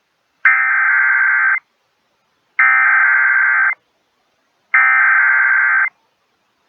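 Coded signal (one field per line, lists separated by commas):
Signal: Emergency Alert System (SAME) tones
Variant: header bursts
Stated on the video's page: Tornado alerts from NOAA Weather Radio KEC65 and FM station KSTP-FM.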